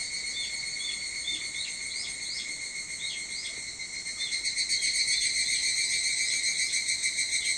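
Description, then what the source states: Evening cicada chorus: shrill steady ringing with a few brief chirps, then a strong rapid pulsing phrase in the second half. Recorded 22 July 2023 at 04:40.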